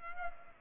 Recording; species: mosquito wingbeat signal from an infrared sensor; Culex pipiens